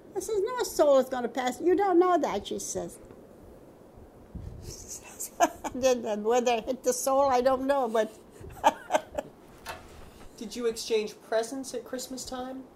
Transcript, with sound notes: I says, "No soul's going to pass!" "You don't know that!" she says. [Laughs] And whether it hit the soul, I don't know, but [laughs]
Did you exchange presents at Christmas time?